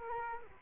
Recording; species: mosquito wingbeat signal from an infrared sensor; Culex quinquefasciatus